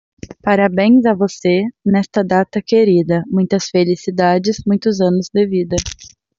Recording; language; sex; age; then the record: short text; Brazilian Portuguese; female; 20 to 29 years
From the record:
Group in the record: control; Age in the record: 20 years